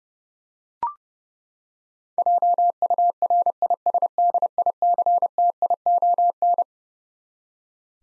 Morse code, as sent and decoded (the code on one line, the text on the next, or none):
.--- ..- .-. .. ... -.. .. -.-. - .. --- -.
JURISDICTION